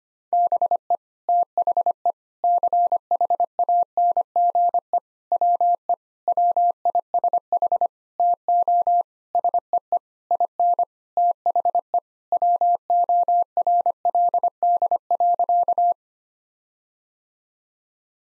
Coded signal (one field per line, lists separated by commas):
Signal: Morse code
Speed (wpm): 25 wpm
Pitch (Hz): 700 Hz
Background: none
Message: BE THE CHANGE WE WISH TO SEE IN THE WORLD.